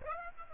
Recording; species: mosquito wingbeat signal from an infrared sensor; Aedes aegypti